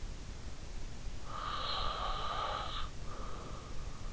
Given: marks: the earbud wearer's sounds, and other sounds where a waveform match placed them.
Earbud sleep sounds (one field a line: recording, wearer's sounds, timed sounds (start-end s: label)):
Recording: sounds in sleep by an in-ear microphone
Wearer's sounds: breath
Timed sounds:
0.83-3.51 s: breath